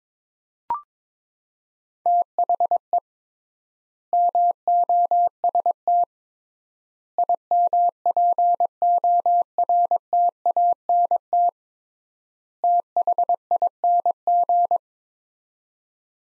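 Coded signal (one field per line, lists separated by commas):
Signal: Morse code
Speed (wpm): 22 wpm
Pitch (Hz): 700 Hz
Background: none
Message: THE MOST IMPORTANT THING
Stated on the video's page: Morse practice drill at 22 wpm, sets of four words with 3x word spacing, each set sent, spoken, then sent again.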